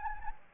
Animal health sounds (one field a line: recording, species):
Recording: mosquito wingbeat signal from an infrared sensor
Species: Anopheles gambiae